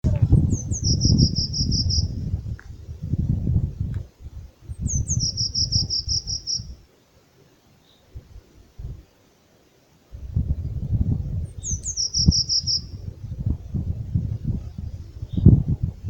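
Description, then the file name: Eurasian blue tit singing three times, each a few thin, high down-slurred notes running into a fast, silvery trill, over heavy low rumbling noise. "Cyanistes caeruleus"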